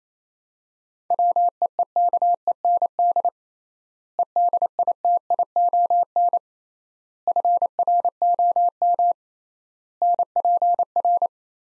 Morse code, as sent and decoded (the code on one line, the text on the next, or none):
.-- . . -.- . -. -.. / . -.. .. - .. --- -. / ..-. .-. --- -- / -. .--. .-.
WEEKEND EDITION FROM NPR